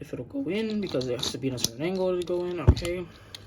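Someone talks while handling a Cliffjumper Studio Series WFC action figure, working its plastic arm part toward the torso socket, which only accepts it at a certain angle. Faint plastic taps and rattles sound under the voice, with one sharp tick near 3.4 s. Nothing has seated or clicked yet.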